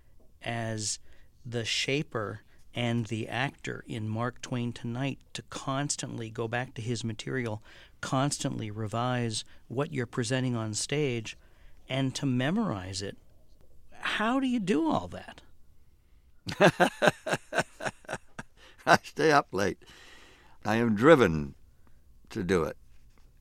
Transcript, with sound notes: as the shaper and the actor in "Mark Twain Tonight" to constantly go back to his material, constantly revise what you're presenting onstage and to memorize it. How do you do all that?
(Laughter) I stay up late. I am driven to do it.